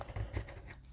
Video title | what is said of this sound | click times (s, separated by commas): Marvel Legends Venompool BAF Build a figure Review | plug the arms in i like that they click in the play so i know that they are | 0.0 s